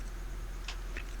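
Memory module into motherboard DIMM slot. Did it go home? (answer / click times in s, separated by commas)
no / none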